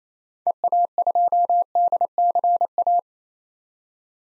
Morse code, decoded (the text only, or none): EA2DCA